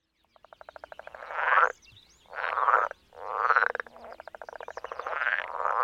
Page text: Голоса амфибий - Лягушка прудовая (Pelophylax lessonae)